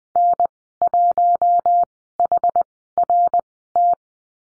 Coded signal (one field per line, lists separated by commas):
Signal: Morse code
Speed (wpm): 20 wpm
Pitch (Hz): 700 Hz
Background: none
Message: N1HRT